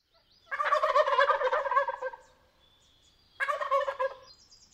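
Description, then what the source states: Wild turkey gobbling: a long rattling, bubbling gobble, then a shorter second burst. Several wild turkeys at dawn leaving an overnight roost in a tall sycamore to find breakfast, calling noisily; near Patagonia, Arizona.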